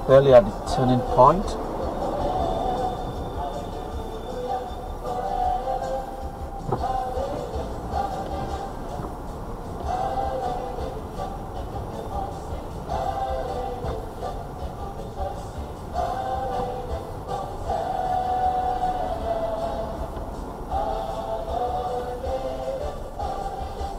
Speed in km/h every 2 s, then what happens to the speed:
2, 0, 2, 6, 8, 8, 8, 10, 8, 5, 5, 5.
0-4 standing. 4-7 pulls away to 8. 7-24 steady at about 8.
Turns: none.